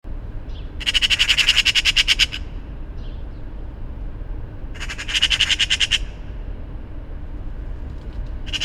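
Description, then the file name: Eurasian magpie giving harsh, machine-gun-like chatters: a long rattling series, a few faint single notes, another rattle, then the start of a third, with low rumble like traffic. "Pica pica"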